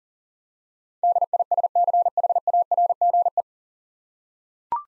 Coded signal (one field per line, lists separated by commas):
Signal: Morse code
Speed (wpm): 40 wpm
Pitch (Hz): 700 Hz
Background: none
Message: DISCHARGE